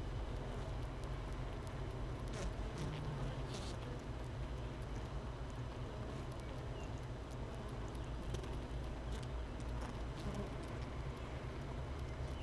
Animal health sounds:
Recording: honeybee colony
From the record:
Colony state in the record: missing queen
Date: 31 May 2018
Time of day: 13:41

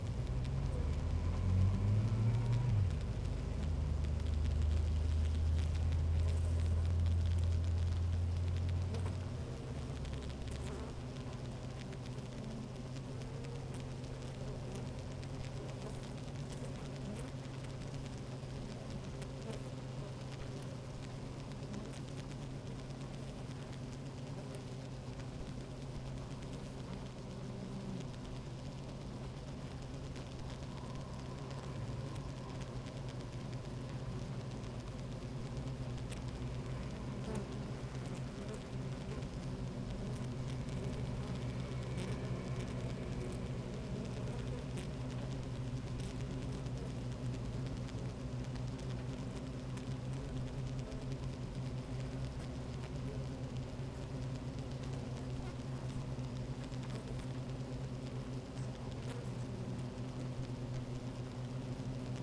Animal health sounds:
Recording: honeybee colony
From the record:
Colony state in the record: active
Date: 28 July 2017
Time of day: 12:10

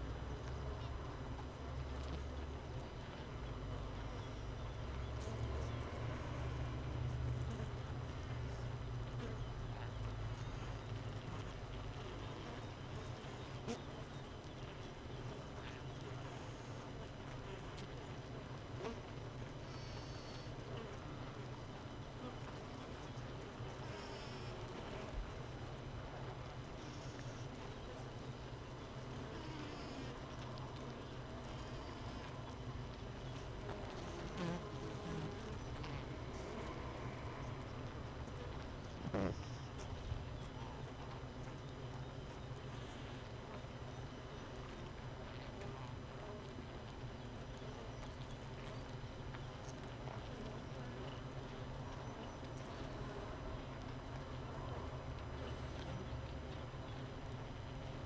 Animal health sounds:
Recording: honeybee colony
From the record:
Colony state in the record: missing queen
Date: 31 May 2018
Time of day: 5:30

